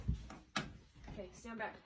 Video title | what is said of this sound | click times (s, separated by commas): Creepy Strange & Weird TikTok’s That’ll Keep You Up At Night-REACTION!!! | record shut the door make sure it clicks | 0.6 s